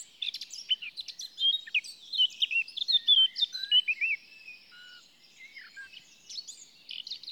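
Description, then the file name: Eurasian blackcap warbling song, a fast jumble of varied chirps, slurred whistles and rising-falling notes, with short pauses between bursts. "Sylvia atricapilla"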